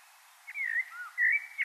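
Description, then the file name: Common blackbird giving a short burst of fluty, slurred whistles over faint background hiss. "Turdus merula"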